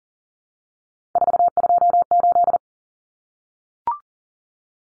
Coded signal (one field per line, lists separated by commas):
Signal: Morse code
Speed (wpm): 40 wpm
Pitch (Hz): 700 Hz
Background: none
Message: 428